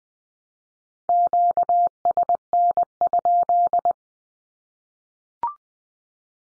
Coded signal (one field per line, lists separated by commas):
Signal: Morse code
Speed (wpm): 20 wpm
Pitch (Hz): 700 Hz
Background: none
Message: QSN?